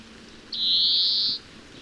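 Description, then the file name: European greenfinch giving one long, nasal, buzzing wheeze, drawn out, with low background hiss. "Chloris chloris"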